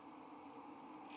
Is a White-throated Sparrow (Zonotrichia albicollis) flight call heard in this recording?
no